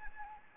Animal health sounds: mosquito wingbeat signal from an infrared sensor; Anopheles arabiensis

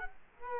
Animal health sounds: mosquito wingbeat signal from an infrared sensor; Culex quinquefasciatus

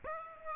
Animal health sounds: mosquito wingbeat signal from an infrared sensor; Aedes aegypti

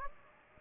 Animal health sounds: mosquito wingbeat signal from an infrared sensor; Aedes aegypti

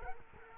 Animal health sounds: mosquito wingbeat signal from an infrared sensor; Culex quinquefasciatus

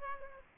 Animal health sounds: mosquito wingbeat signal from an infrared sensor; Aedes aegypti

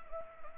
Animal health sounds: mosquito wingbeat signal from an infrared sensor; Anopheles gambiae

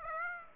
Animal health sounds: mosquito wingbeat signal from an infrared sensor; Aedes aegypti

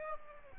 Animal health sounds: mosquito wingbeat signal from an infrared sensor; Aedes aegypti

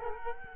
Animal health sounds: mosquito wingbeat signal from an infrared sensor; Culex quinquefasciatus

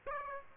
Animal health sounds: mosquito wingbeat signal from an infrared sensor; Aedes aegypti

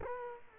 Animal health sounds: mosquito wingbeat signal from an infrared sensor; Culex quinquefasciatus

